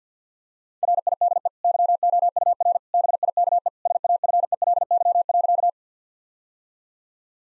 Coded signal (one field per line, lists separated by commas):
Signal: Morse code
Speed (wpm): 50 wpm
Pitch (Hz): 700 Hz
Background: none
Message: RIDE YOUR BIKE SAFELY.